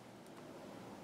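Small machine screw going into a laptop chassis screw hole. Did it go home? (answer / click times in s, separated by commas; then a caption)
no / none. A small machine screw is handled at a screw hole in a laptop chassis, being turned backwards to find the existing thread before tightening. Only a steady broadband hiss is heard for the whole 1.1 seconds, with no distinct click. Nothing has seated or clicked yet.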